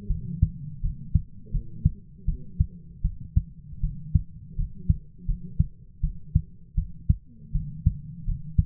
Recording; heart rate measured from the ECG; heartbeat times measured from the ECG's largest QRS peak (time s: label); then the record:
heart sounds by stethoscope; 81 bpm
0.08 s: heartbeat
0.81 s: heartbeat
1.52 s: heartbeat
2.26 s: heartbeat
3.02 s: heartbeat
3.81 s: heartbeat
4.56 s: heartbeat
5.26 s: heartbeat
6.01 s: heartbeat
6.75 s: heartbeat
7.53 s: heartbeat
8.25 s: heartbeat
From the record:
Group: healthy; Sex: female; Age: 22 years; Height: 161 cm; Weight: 65.5 kg